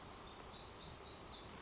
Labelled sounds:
Black-throated Gray Warbler
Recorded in Sonoma County, California

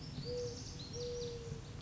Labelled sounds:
Lazuli Bunting
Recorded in Sonoma County, California

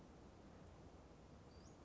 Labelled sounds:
Western Flycatcher
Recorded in Sonoma County, California

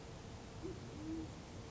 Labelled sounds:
Band-tailed Pigeon
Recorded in Sonoma County, California

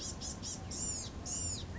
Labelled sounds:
Blue-gray Gnatcatcher
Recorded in Sonoma County, California

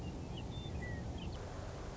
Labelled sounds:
Western Meadowlark
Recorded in Sonoma County, California

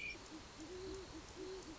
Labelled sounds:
Great Horned Owl
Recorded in Sonoma County, California

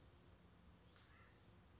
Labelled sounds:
Acorn Woodpecker
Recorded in Sonoma County, California

